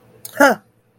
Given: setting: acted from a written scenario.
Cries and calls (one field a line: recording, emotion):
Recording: vocal sound without words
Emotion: contempt